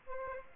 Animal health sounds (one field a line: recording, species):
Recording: mosquito wingbeat signal from an infrared sensor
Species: Aedes aegypti